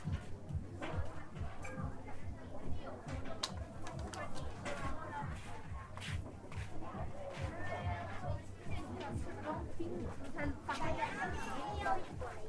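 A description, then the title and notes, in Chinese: A busy crowd at Hongyadong in Chongqing, with many voices talking over one another nonstop for the whole twelve seconds. A steady low hum runs underneath, and a few brighter, clearer voices rise out of the babble now and then, especially near the end. 重庆洪崖洞。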